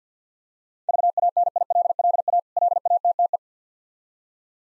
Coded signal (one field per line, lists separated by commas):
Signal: Morse code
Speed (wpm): 50 wpm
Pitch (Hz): 700 Hz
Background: none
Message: VANILLA LATTE